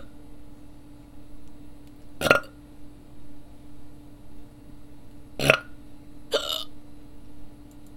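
Three sharp, abrupt gulping bursts over eight seconds, irregularly spaced, typical of an adult's hiccups.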